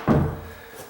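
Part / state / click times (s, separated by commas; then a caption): door latch bolt into jamb strike plate / not seated / none. An interior wooden door is pushed closed, giving a dull low thud at about 0.1 s that fades out over the rest of the clip. The latch bolt fails to catch in the jamb's strike plate, likely because the door sags slightly, and nothing has seated or clicked yet.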